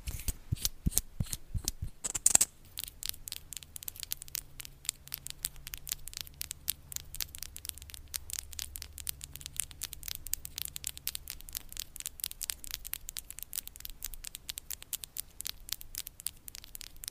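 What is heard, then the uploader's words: ASMR tapping: quick, crisp taps and clicks run throughout, dense and slightly irregular, with a sharper, louder knock just after two seconds. A low, steady hum sits underneath for much of the middle stretch before fading out. Blue yeti microphone. Asmr tapping.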